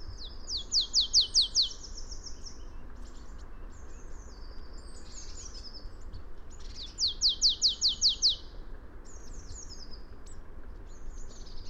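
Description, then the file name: Marsh tit: two bursts of several quick, sharp, downslurred notes, with thin high whistles and twitters between them over low background hiss. "Poecile palustris"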